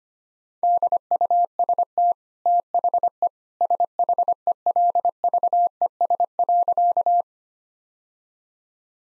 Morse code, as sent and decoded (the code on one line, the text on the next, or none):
-.. ..- ... - / - .... . / ... .... . .-.. ...- . ... .-.-.-
DUST THE SHELVES.